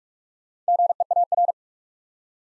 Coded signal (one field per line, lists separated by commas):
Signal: Morse code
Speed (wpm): 44 wpm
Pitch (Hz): 700 Hz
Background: none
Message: GEAR